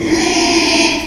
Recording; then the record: squeal of a Yucatan mini pig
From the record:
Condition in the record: after surgery on the right vocal fold (resection and tissue-engineered implant); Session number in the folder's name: 2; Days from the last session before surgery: 13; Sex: male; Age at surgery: 12 weeks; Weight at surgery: 13 kg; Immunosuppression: cyclosporine, prednisolone